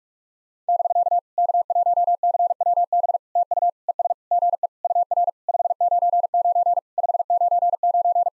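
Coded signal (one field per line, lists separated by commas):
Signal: Morse code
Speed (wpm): 44 wpm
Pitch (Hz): 700 Hz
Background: none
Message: <BK> K1CWB TU ES GE UR 599 599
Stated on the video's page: Morse practice of POTA contact exchanges at 45 wpm, each sent in Morse, then spoken, then sent again.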